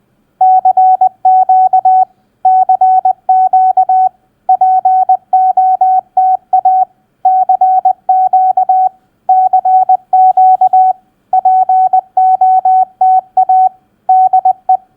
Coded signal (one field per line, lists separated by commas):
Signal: Morse code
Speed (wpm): 20 wpm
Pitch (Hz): 750 Hz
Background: none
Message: CQ CQ POTA CQ CQ POTA DE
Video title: Morse Code Practice POTA Exchange CQc Activator Call 20wpm